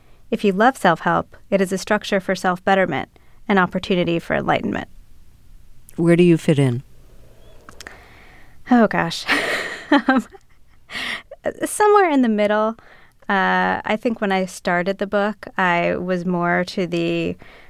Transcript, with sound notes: If you love self-help, it is a structure for self-betterment, an opportunity for enlightenment.
Where do you fit in?
Oh, gosh. (laughter) Somewhere in the middle. I think when I started the book I was more to the